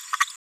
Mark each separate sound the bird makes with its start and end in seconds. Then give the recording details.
0.12-0.16. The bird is a female. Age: 26 days. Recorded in a nest box in Venezuela. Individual 17B73B3